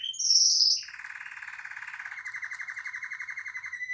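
Canary gives a loud high whistled note, then settles into a steady, softer, rapid buzzy trill repeated evenly to the end.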